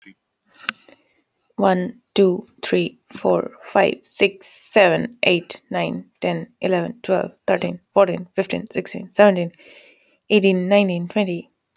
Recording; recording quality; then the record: counting at a normal pace; excellent, no background noise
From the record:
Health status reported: healthy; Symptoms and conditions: hypertension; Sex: female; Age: 28 years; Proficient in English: yes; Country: United States